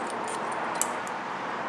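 A second metal brake pad hardware clip is pushed onto the other side of the caliper mounting bracket on a 2000–2005 Buick LeSabre/Park Avenue front brake. Over steady broadband noise, one short, sharp metallic snap at 0.8 s marks the clip seating in place.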